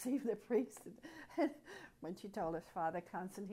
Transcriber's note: chuckles